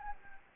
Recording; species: mosquito wingbeat signal from an infrared sensor; Anopheles gambiae